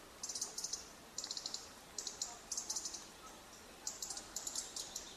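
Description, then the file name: European robin ticking calls, quick runs of sharp, high clicks in brief bursts, each run followed by a short pause, over faint background hiss. "Erithacus rubecula"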